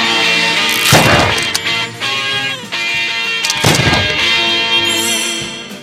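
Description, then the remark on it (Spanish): Gunfire in a shootout, with two loud, sharp bursts of shots about three seconds apart, ringing over a steady bed of sustained tonal sound. “Bueno, lo que estáis oyendo de fondo es que estamos aquí a tiros con unos bacalas que nos están tocando las narices y, bueno, hay que estar siempre pendiente a todo.”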